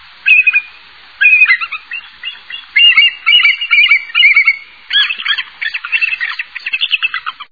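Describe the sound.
Bald eagle giving high, squeaky piping calls in rapid broken series, notes tumbling and wavering in pitch, repeated in several quick bursts.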